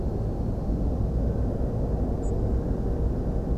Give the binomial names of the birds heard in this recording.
Muscicapa striata